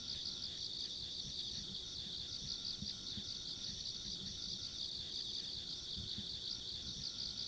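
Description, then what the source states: Insects in a dense, continuous chorus, a shrill pulsing trill steady throughout with a fainter high ringing tone above, and soft low thumps underneath. Ambient insect sounds along a country road.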